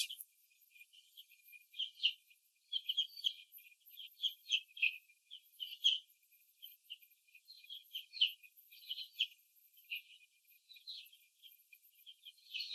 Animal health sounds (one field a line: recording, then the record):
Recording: young laying hens in a cage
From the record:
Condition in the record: before the stressor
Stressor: simulated dog barking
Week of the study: 2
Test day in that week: 3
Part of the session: 2